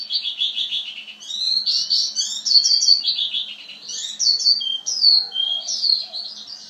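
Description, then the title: Javan bush lark song, a varied run of quick trills and high slurred whistles with sharp accented notes throughout. "Suara Burung Branjangan"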